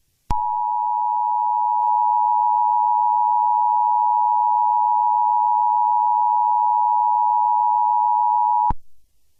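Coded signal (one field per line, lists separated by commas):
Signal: Emergency Alert System (SAME) tones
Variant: 853 and 960 Hz attention tone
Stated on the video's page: Fictional EAS scenario, a simulated alert.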